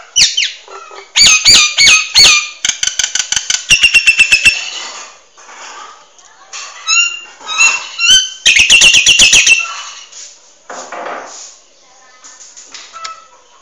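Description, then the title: Nias hill myna belting loud whistles and rapid clicking series, alternating ringing harmonic notes with harsh chattering bursts and brief pauses between phrases. Loud, actively singing bird with a thunderous voice; used as a model for training other songbirds. "Burung Jalak Nias Gacor Suara Super Gledek Untuk Masteran"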